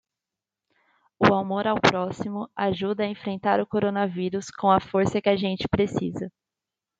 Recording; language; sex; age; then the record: spoken sentence; Brazilian Portuguese; female; 20 to 29 years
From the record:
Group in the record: control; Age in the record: 22 years